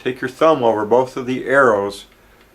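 Someone talks while a plastic sensor chamber cover is being handled on a smoke detector body, lined up and lightly pressed down with the thumbs at both arrow marks. Nothing has seated or clicked yet; the clip ends just before the cover snaps home.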